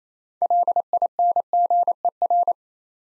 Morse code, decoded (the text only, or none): LINGER